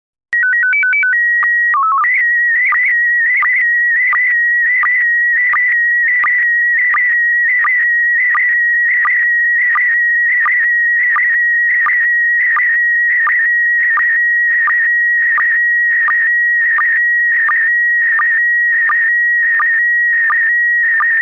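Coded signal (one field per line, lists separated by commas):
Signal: SSTV (slow-scan television)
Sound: short rising-falling tone preamble, steady calibration tone, chirpy header, then rhythmic warbling scan lines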